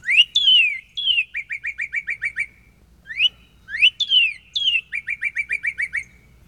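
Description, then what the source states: Northern Cardinal song, two phrases each opening with a few slurred whistles followed by a quick run of about eight short repeated notes, clean and clear. Main song, from an annotated recording.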